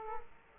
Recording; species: mosquito wingbeat signal from an infrared sensor; Culex quinquefasciatus